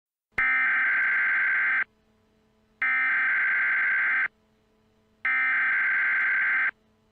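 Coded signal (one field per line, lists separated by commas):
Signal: Emergency Alert System (SAME) tones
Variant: header bursts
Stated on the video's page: Fictional EAS scenario.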